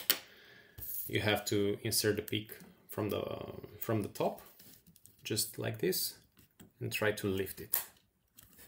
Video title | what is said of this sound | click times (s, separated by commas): Logitech MX Keys how to remove keys | okay I heard the click and | 8.4 s